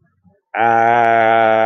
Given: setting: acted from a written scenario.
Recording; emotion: vocal sound without words; guilt